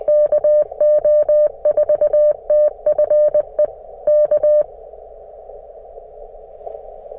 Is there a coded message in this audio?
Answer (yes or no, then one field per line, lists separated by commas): yes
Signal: Morse code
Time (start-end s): 0.1-4.6 s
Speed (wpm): 20 wpm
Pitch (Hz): 590 Hz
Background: none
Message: KO4TFE K